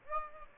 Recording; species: mosquito wingbeat signal from an infrared sensor; Aedes aegypti